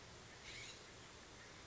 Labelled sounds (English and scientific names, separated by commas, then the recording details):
California Scrub-Jay (Aphelocoma californica)
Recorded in Sonoma County, California